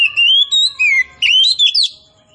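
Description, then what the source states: Oriental magpie-robin giving a short sequence of clear, sliding whistles, some rising and some falling, ending in a brief higher flourish. Oriental magpie-robin of the form called kacer poci, singing actively and loudly ('gacor').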